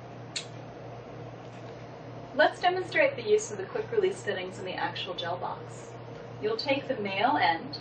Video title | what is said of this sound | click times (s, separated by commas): PFGE: Setting Up The Instrument | and should make an audible click. | 0.4 s